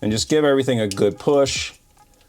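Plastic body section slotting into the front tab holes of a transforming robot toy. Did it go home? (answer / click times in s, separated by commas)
no / none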